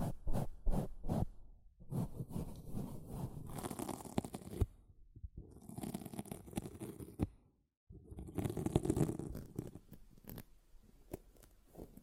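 A sponge is handled in bursts: a few quick separate squishes at the start, then longer stretches of wet scratching and squelching with rough, crackly texture. Short silences break it up near five seconds and just before eight, and it ends in fainter, scattered scrapes.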